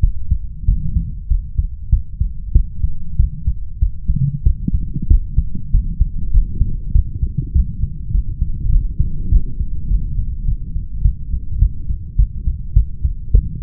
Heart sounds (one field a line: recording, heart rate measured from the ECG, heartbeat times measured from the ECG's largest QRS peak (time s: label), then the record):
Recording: heart sounds by stethoscope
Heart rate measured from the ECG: 99 bpm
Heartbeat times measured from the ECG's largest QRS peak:
0.65 s: heartbeat
1.27 s: heartbeat
1.89 s: heartbeat
2.52 s: heartbeat
3.16 s: heartbeat
3.78 s: heartbeat
4.43 s: heartbeat
5.07 s: heartbeat
5.71 s: heartbeat
6.31 s: heartbeat
6.92 s: heartbeat
7.52 s: heartbeat
8.11 s: heartbeat
8.69 s: heartbeat
9.29 s: heartbeat
9.88 s: heartbeat
10.45 s: heartbeat
11.02 s: heartbeat
11.59 s: heartbeat
12.16 s: heartbeat
12.73 s: heartbeat
13.31 s: heartbeat
From the record:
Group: healthy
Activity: rest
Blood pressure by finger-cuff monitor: 121/86 mmHg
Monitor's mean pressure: 99 mmHg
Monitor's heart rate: 97 bpm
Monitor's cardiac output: 6.7 L/min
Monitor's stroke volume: 68 mL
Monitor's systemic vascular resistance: 1080 dyn s/cm5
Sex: male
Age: 21 years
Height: 180 cm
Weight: 67.5 kg